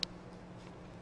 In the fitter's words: insert the connectors into the anchors you will hear a click when properly attached